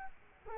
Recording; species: mosquito wingbeat signal from an infrared sensor; Culex quinquefasciatus